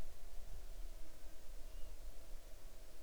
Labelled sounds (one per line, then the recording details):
bird
insects
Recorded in the Arctic National Wildlife Refuge, Alaska, on 6 July 2019 at 00:02
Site 39